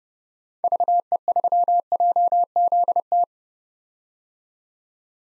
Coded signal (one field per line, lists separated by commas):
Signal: Morse code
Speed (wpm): 30 wpm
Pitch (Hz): 700 Hz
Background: none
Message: VE3JZT